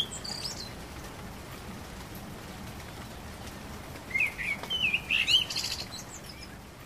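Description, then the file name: Common blackbird song: one rich, warbling phrase with a thin high twitter near the end, after a faint high note and several seconds of quiet background hiss. Recorded 12 April 2010. "Amsel 20100412"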